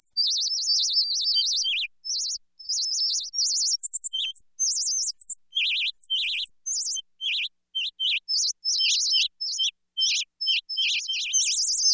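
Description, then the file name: Birds chirping: rapid, high, sharp tweets in quick bursts, some notes sliding downward, with brief pauses between runs of calls. "Birds chirping and tweeting"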